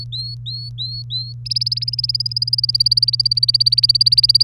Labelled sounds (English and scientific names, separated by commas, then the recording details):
Domestic Canary (Serinus canaria) song
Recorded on 30 April 2018 at 12:27
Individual llb3